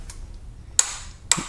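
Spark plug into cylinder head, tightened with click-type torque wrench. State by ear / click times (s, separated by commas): torque reached / 0.8 s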